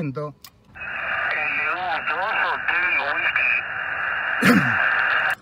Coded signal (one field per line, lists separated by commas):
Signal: Emergency Alert System (SAME) tones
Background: speech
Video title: Xiegu X6100 - Activacion POTA AR-0210 - Parque Jose Evaristo Uriburu